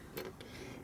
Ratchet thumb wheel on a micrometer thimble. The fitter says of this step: now some of them have these little thumb Wheels out here you hear them click